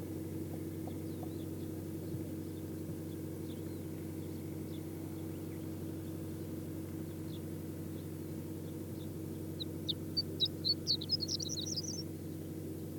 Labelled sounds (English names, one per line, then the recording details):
Horned Lark song
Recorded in the wild
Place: Wüste Gobi, MN
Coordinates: 42.94, 105.082
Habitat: Desert
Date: 1979-06-01 09:15
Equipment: Nagra III BH, Sennheiser MD 21, parabola
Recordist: Schubert, Michael